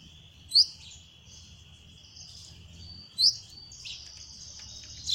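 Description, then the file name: Belgian canary singing a long, high, even trill punctuated by a few piercing sharp notes, with faint low hum beneath. Copper-coloured Belgian canary, singing. "canto do canario belga cobre"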